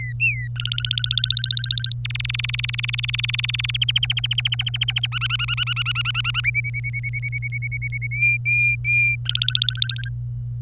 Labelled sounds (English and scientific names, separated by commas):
Domestic Canary (Serinus canaria) song